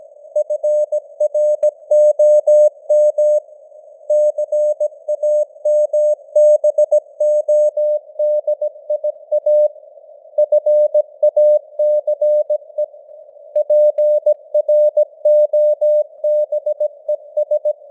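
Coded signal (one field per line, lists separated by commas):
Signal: Morse code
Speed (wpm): 17 wpm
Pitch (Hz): 600 Hz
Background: none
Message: FROM CAMBODIA FACE PROBES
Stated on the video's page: Morse news headlines at 17 wpm with simulated radio noise and fading (QSB).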